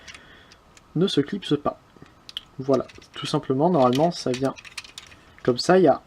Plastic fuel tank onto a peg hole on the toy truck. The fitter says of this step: trou ici est impec là et ça ne rentre pas ou non